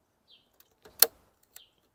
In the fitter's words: backwards or away from the taillight and you will hear a snap when it releases